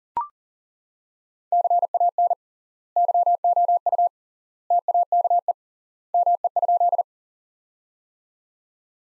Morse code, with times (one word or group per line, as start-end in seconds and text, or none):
1.5-2.3 CAN
3.0-4.1 YOU
4.7-5.5 TAKE
6.1-7.0 ME?